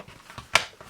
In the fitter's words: and click it into place